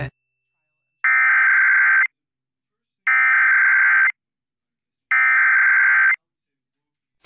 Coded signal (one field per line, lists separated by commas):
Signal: Emergency Alert System (SAME) tones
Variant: header bursts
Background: speech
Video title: (EAS #34) | Tornado Warning on ARPBS | 2023